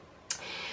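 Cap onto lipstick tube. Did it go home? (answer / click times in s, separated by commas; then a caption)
yes / 0.3 s. A lipstick cap is pushed onto the lipstick tube and clicks shut at 0.3 s, a sharp, bright click. It is followed by a softer hiss that lingers to the end. The cap is not magnetic, so the click confirms it is properly closed.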